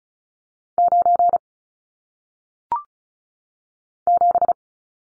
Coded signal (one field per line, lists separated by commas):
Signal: Morse code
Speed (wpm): 36 wpm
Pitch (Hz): 700 Hz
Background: none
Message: 9 7